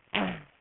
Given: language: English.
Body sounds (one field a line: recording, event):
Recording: throat vibration sensor signal played as sound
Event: throat clearing